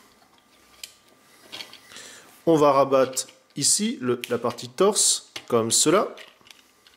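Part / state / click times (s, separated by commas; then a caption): plastic torso panel into the action figure body / seated / 6.5 s. Someone talks while folding the plastic torso panel of a Transformers Legends LG32 Chromedome figure down into the action figure body during its transformation. It clips properly into place at 6.5 s with a short, sharp plastic click.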